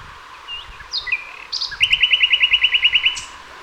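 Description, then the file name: Common nightingale song: a few short whistled notes, then a fast, even series of many loud, rich repeated notes, ending in a brief high note. "Luscinia megarhynchos"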